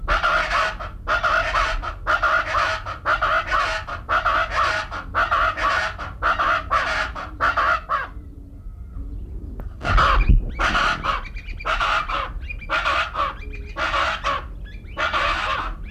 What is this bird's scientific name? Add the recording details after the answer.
Ortalis canicollis. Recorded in captivity. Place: Zoo Córdoba, AR. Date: 1979-09-26. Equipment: Halbspur, 9,5 cm/s. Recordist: Lütgens, Hans